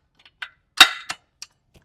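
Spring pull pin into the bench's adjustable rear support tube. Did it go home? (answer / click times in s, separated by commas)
yes / 0.8 s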